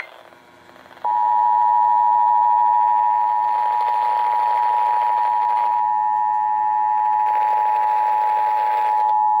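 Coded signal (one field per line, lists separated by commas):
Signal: Emergency Alert System (SAME) tones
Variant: 853 and 960 Hz attention tone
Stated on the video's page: Real EAS tests received in January 2020.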